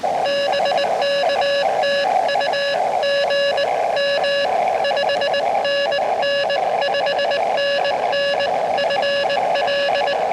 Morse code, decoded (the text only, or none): BK TU GM 5NN 5NN FL